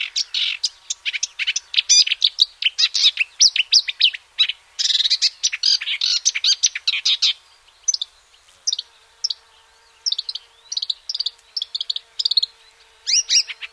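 Marsh warbler song, a fast, varied stream of chattering, buzzy and whistled notes packed tightly together, easing into more spaced phrases after eight seconds.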